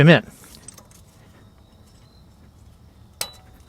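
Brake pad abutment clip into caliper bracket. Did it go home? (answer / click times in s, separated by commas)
yes / 3.2 s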